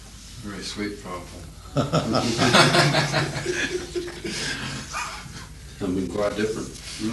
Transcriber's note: laughter